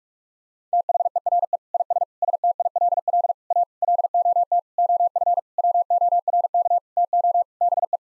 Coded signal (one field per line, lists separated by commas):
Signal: Morse code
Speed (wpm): 41 wpm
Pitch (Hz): 700 Hz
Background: none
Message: THERE IS STILL A LOT OF WORK TO BE